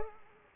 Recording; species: mosquito wingbeat signal from an infrared sensor; Culex pipiens